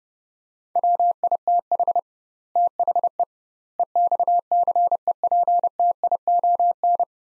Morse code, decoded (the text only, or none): WITH THE EXCEPTION